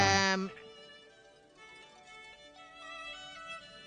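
A Cantonese pop song recording starts playing with a loud, bright burst, then settles into softer sustained melodic notes that gradually build in volume.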